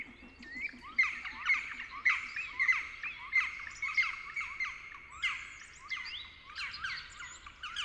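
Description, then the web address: Black woodpecker giving a busy run of short, sharp notes at roughly half-second intervals for several seconds. "pic noir. oiseaux de nos forets"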